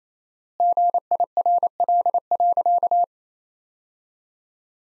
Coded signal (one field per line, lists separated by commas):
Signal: Morse code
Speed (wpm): 28 wpm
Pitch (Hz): 700 Hz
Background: none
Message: GIRL.